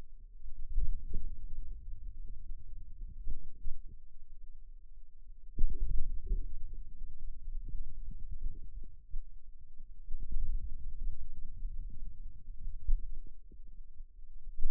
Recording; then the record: forearm muscle sounds (acoustic myography)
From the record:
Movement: wrist extension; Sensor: system 2, bracelet of six BSWA MPA416 microphones around the upper forearm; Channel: 6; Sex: male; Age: 22 years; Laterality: right